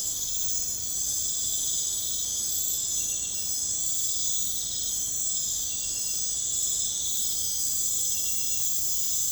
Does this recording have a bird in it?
no